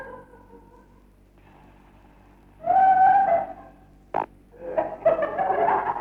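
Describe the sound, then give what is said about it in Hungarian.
A sneaky fart in a cinema: after a quiet stretch, a squeaky, buzzing fart sounds for under a second, then a short sharp burst, followed by a longer, sputtering, wavering fart. No one speaks. “Elattomos fing moziba.”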